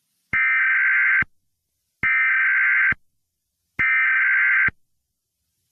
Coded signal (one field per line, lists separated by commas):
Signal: Emergency Alert System (SAME) tones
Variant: header bursts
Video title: Dylan And His Gang Activate A Fake EAS Alert/Arrested/Grounded (PLEASE READ DESCRIPTION)